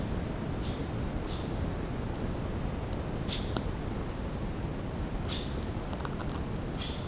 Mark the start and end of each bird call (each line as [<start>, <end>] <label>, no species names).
[3.29, 3.57] bird call
[5.29, 5.52] bird call
[6.79, 7.08] bird call